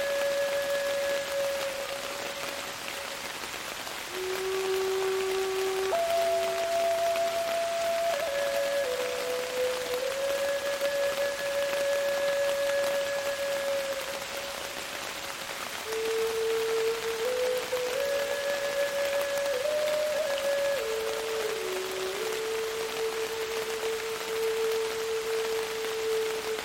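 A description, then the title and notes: A Native American flute plays a slow, sustained melody over steady rain. Long held notes shift gently between a few low pitches, with brief pauses near 4 and 15 seconds, while the rain's even hiss fills the background throughout. Native American Flute & Rain. The wooden flute emits a mellow, enchanting tone, its timbre is warm and earthy.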